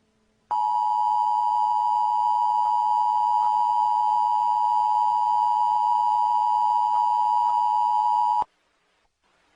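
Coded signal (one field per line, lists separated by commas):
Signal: Emergency Alert System (SAME) tones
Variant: 853 and 960 Hz attention tone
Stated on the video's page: EAS prank.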